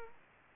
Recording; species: mosquito wingbeat signal from an infrared sensor; Aedes aegypti